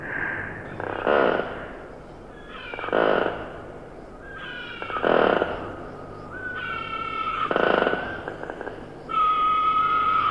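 Hyrax calling, harsh rasping bursts about every two seconds alternating with drawn-out harmonic wails, over a low hum.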